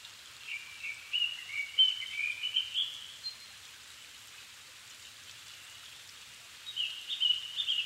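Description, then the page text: Japanese thrush singing varied whistled phrases with quick slurred notes, two bursts separated by a quiet gap, over a steady background hiss. Recorded 7 May 2011 at 17:59, in the evening, at 270 m altitude; Sony PCM-D50 recorder with Panasonic WM-61A microphone. "kurotugumi 20110507-1759. Turdus cardis [Sounds -Nikko Today-]"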